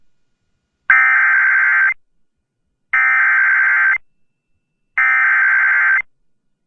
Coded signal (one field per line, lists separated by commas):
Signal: Emergency Alert System (SAME) tones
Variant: header bursts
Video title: Severe Thunderstorm Warning | EAS #514